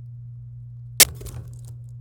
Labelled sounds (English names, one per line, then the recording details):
Domestic Canary song
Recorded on 26 April 2018 at 18:43
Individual llb3